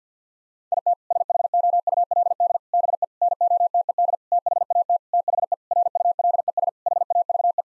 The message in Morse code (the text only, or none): IT SHOULD BE NOTED THAT THE RULES HAVE